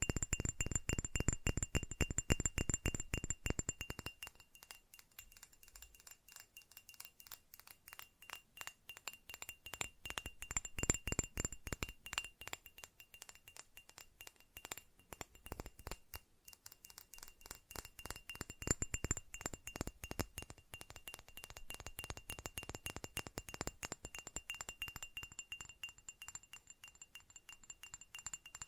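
Rapid tapping runs throughout: dense, fast strikes on a hard surface, with a glassy, clinking ring. The tapping is loudest and fullest in the first four seconds, then lighter and thinner, swelling again around 11 and 19 seconds, all in a quiet, close room.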